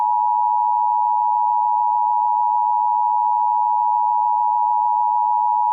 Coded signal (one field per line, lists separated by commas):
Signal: Emergency Alert System (SAME) tones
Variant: 853 and 960 Hz attention tone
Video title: EAS Scenario #5: Second Great Chicago Fire